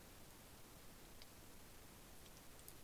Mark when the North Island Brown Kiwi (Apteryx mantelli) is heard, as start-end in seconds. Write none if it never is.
none